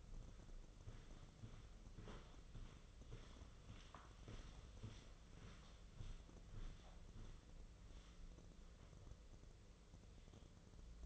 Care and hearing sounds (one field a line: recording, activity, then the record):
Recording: daily activity, microphone in the room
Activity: walk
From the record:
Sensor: 4